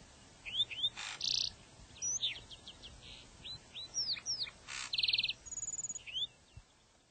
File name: Lark Sparrow